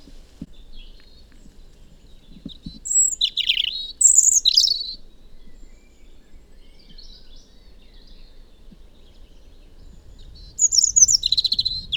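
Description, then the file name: European robin song phrases: a burst of high, thin warbled notes, a long pause, then another similar high, tinkling phrase near the end. "Erithacus rubecula"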